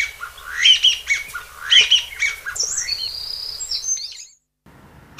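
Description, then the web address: Chinese bamboo partridge giving two loud, squawky rising phrases about a second apart, followed by quieter sounds and a brief silence. "sikioto. kojyukei"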